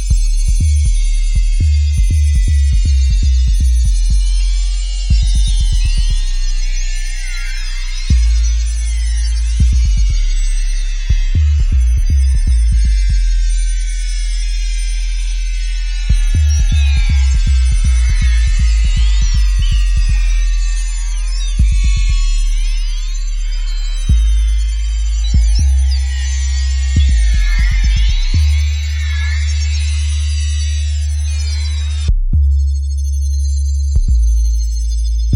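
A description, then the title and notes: A bass woofer test pounds out deep, rapid low pulses in bursts, with short gaps and a steadier held rumble near the end. Over it, dense sharp electronic chirps and sweeping zaps swirl high and bright, staying loud throughout, with a brief cut near thirty-two seconds. サイバー低音ウーファーテスト. Cyber bass woofer test. Very sharp sounds.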